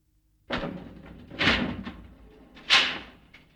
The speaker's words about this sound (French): entre dans l'ascenseur et la porte se referme toute seule.